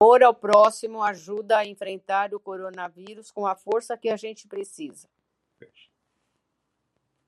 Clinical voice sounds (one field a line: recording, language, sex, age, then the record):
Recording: spoken sentence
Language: Brazilian Portuguese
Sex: female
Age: 70 to 79 years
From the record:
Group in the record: control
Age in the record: 73 years